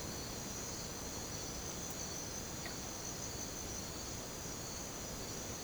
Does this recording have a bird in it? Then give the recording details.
no. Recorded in secondary vegetation near Puerto Asís, Putumayo, Colombia, on 18 December 2024 at 03:30. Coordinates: 0.489, -76.322. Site G059